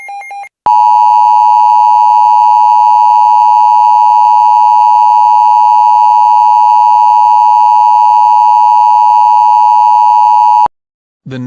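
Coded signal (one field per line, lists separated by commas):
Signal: Emergency Alert System (SAME) tones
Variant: 853 and 960 Hz attention tone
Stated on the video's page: Mock EAS alert, a simulated scenario, not a real activation.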